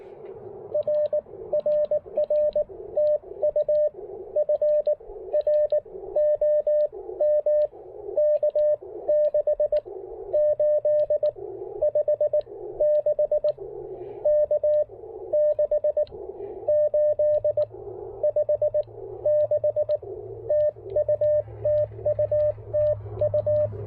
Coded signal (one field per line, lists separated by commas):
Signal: Morse code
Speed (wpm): 18 wpm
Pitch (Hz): 600 Hz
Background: radio noise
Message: R RR TU FROM K6856 K6856 TU TU TU